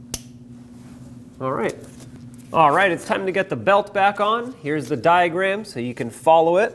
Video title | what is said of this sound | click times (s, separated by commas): How to Replace AC Compressor 2006-2015 Lexus IS250 2.5L V6 | and press it on until it clicks. | 0.1 s